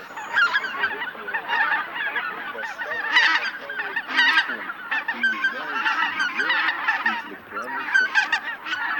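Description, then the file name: Greater White-fronted Goose: greater white-fronted geese chattering as a flock, many overlapping high, yelping honks and cackles running continuously with no pause. Flock chatter, recorded for an electronic hunting caller. "Белолобый базар"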